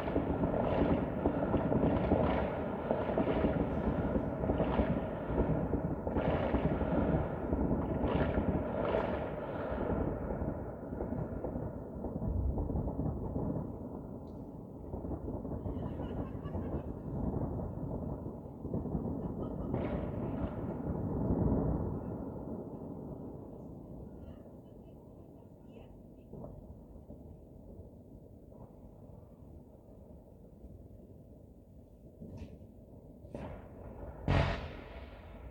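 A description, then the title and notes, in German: New Year's Eve fireworks: dense, overlapping bangs and low rumbling booms fill the first twenty seconds with a steady roar. After about 22 seconds the barrage thins and quiets to scattered pops, then a single sharp crack rings out near the end. Silvesternacht: Feuerwerk und Freude.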